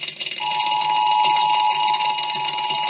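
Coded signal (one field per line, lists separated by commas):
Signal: Emergency Alert System (SAME) tones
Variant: 853 and 960 Hz attention tone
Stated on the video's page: Emergency alert tones recorded on VHS tape.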